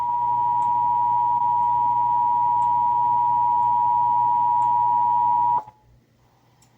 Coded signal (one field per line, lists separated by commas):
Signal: Emergency Alert System (SAME) tones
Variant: 853 and 960 Hz attention tone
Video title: (EAS #941-949) October 2025 Texas Required Monthly Test